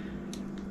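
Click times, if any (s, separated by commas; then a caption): 0.3 s. A Lew's Mach II baitcasting reel has its worm gear tube worked into its seating hole on the other side of the frame. A short, bright click at 0.3 s marks the tube seating correctly, followed by a fainter tick at 0.6 s over a steady low hum. The worm gear tube is in place.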